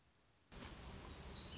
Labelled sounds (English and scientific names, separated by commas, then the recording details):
Black-throated Gray Warbler (Setophaga nigrescens)
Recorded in Sonoma County, California